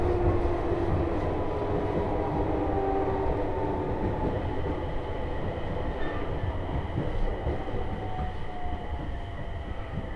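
A train ride on the Tohoku Main Line between Koriyama and Fukushima: a steady, dense low rumble of the train running, with a constant rattle throughout. Faint whining tones drift up and down in the middle range, and the level stays even for the whole ten seconds.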